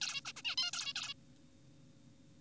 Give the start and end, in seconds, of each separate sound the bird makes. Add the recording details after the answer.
0.01-0.21, 0.25-0.32, 0.36-0.42, 0.45-0.56, 0.58-0.71, 0.73-0.93, 0.96-1.14. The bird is an adult. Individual g4p5U